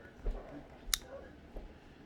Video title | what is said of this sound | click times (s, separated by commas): Seating the male pedal connector | there is a click when you get it. | 0.9 s